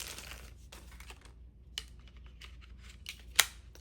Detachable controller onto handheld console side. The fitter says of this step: Just wow. Like magnetic just snapped right in.